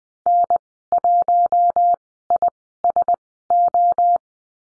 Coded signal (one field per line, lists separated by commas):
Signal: Morse code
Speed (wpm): 20 wpm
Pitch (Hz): 700 Hz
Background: none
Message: N1ISO